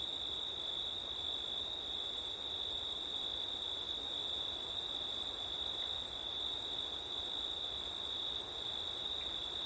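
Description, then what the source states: Crickets trilling in a dense, steady chorus, a high continuous shimmer with a second band far higher that briefly drops out twice, with a soft hiss beneath. Crickets on a September night with wind; ortif (ORTF) microphone setup.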